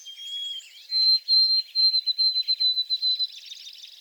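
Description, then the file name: White-throated sparrow song: a clear whistled note, then a slightly higher held whistle broken into a steady run of quick repeated notes, with faint bird chatter behind. Recorded on 28 April 2022 in back shrubs. "2022-04-28 White-throated Sparrow in back shrubs"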